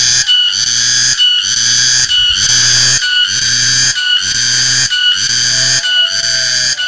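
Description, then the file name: Cicada buzzing as a loud, shrill, steady drone that briefly drops out roughly every second, with a faint low hum underneath. "tonggeret"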